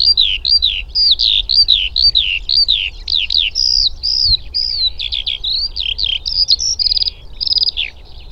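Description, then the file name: Eurasian skylark song, a fast, unbroken stream of high chirps, slurred whistles and trills that shift pitch constantly, with a low rumble beneath. "alauda arvensis"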